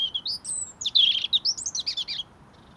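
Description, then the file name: European robin giving one continuous high, tinkling phrase of sweet whistles and quick twittering notes lasting about two seconds. "Erithacus rubecula"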